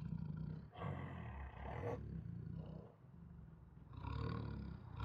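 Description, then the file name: Siberian tiger snarling and growling in low rasping bursts, with harsher flare-ups around one second and again near four seconds. Siberian tiger aggressively growling, roaring and snarling. "Siberian Tiger Aggressively Growls, Roars and Snarls 2 [Sound Ideas]"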